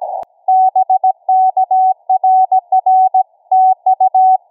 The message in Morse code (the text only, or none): BK RR TU